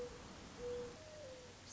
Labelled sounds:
Mourning Dove (Zenaida macroura)
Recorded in Sonoma County, California

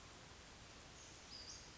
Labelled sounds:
Western Flycatcher (Empidonax difficilis)
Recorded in Sonoma County, California

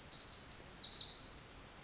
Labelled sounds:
Pacific Wren (Troglodytes pacificus)
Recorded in Sonoma County, California

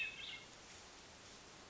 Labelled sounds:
Hermit Thrush (Catharus guttatus)
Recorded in Sonoma County, California

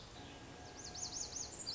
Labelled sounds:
Lazuli Bunting (Passerina amoena)
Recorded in Sonoma County, California

